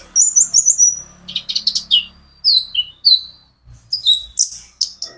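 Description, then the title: Van Hasselt's sunbird song: a quick high trill, then sharp descending chirps and thin twittered notes in rapid sequence. A konin ijoan singing constantly (gacor); recording meant as a lure and therapy aid to make untrained konin answer. "KOLIBRI NINJA KONIN IJOAN GACOR COCOK UNTUK PANCINGAN TERAPI KONIN BAHAN PASTI NYAUT"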